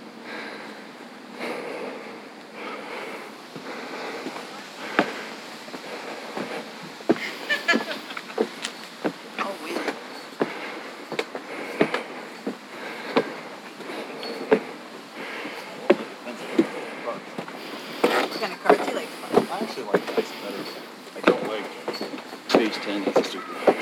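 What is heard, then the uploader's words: Beach ambience with steady surf wash, frequent sharp clicks and knocks, and indistinct voices or passing vehicles murmuring in the background. Mount Baldhead and Oval Beach Loop (Saugatuck, MI). The ebbing waves of Lake Michigan. This session was recorded with the Zoom F3 and DPA Binaural headset. Classic Michigan beach sounds.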